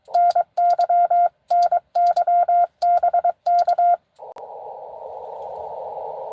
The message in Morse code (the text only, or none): NY NY BK